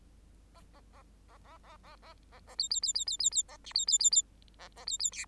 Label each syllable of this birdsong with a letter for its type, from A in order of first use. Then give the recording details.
A A A A A A A A A A B B B B B B B A C B B B B A A B B D. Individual Bird8